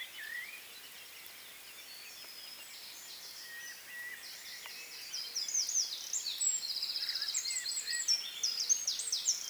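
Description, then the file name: Eurasian wren song: faint scattered notes at first, then from about five seconds a loud, rapid series of high trills and rattles. "Troglodytes troglodytes"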